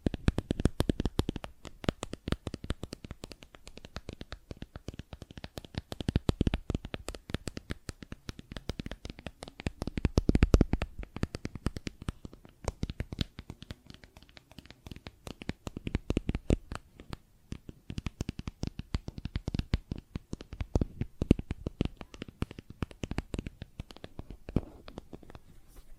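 Plastic objects tapped and scratched in dense, irregular clicks and rattles, clustering into busier bursts near 6, 10, 16 and 21 seconds.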